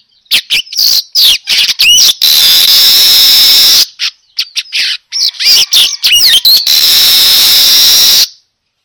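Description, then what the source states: Weaver song: quick high chips and twisting squeaky notes that run into long, loud sizzling hisses, the hissing sustained for several seconds at a time. Lure sound of a weaver (burung manyar) in vigorous, continuous 'gacor' song.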